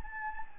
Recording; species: mosquito wingbeat signal from an infrared sensor; Anopheles gambiae